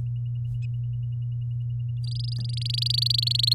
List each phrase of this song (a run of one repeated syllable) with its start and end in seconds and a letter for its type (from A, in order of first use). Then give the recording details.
2.04-3.54 A. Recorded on 8 May 2018 at 10:40. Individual llb16